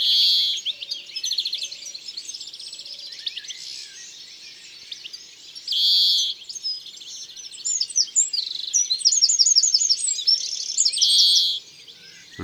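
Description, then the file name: European greenfinch song, three long buzzy wheezes spaced several seconds apart, separated by rapid trills and chattering twitters. "Verdier-d Europe-ABC-des-chants-doiseaux"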